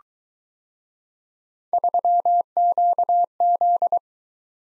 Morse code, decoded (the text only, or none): 3QZ